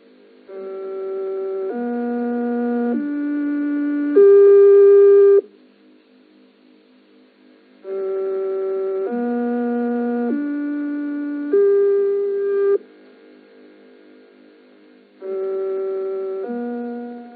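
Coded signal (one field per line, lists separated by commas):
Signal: numbers station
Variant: G08 interval signal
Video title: Zahlensender/Number Station "G08" (4 Note Rising Scale/Magdeburg Annie) DDR/GDR (1980)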